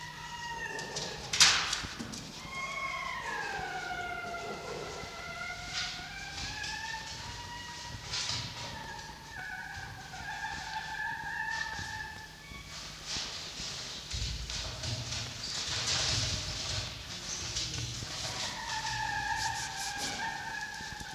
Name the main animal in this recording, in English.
Red Fox